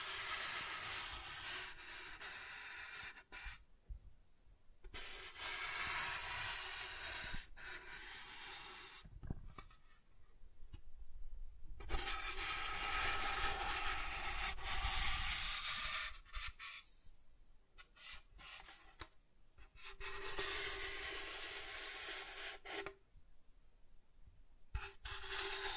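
Soft tracing on smooth and rough surfaces makes a dense, hissing scrape that runs in long strokes, broken by brief silent gaps around 4, 9, 11, 17, 20 and 23 seconds. The texture stays fairly even, bright and airy, with a faint low rumble underneath.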